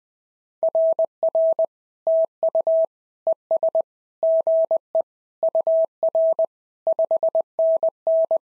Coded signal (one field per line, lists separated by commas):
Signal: Morse code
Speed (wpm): 19 wpm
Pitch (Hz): 650 Hz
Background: none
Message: RR TU ES GE UR 5NN